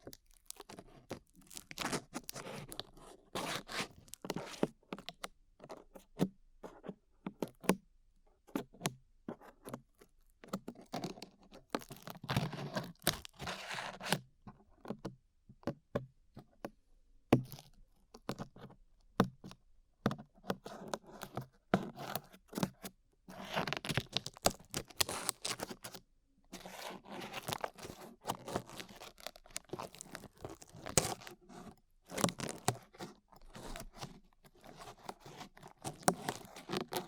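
Glue being peeled off, heard as dense bursts of sticky crackling, tearing and crinkling that come in quick irregular runs. The bursts are bright and sharp, separated by brief quiet gaps, with a short pause near 26 seconds before the crackling resumes.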